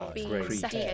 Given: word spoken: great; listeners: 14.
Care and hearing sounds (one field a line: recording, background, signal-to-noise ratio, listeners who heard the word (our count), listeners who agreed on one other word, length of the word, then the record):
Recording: one English word in noise, from a listening test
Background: four-talker babble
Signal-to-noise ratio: -2.3 dB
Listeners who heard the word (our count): 0 of 14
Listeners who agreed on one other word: 6 of 14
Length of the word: 0.54 s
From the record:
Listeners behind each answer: 6, 3, 1, 1, 1, 1, 1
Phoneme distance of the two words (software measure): 30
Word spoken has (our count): 1 syllable, 4 phonemes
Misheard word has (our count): 1 syllable, 4 phonemes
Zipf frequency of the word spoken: 6.00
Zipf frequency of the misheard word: 3.06